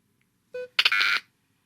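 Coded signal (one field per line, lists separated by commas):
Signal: data over sound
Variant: Alango Short-Range Sound Modem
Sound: a short buzzy tone, a pause, then about half a second of harsh warbling hiss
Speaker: And, the last one: "Don't worry, be happy!"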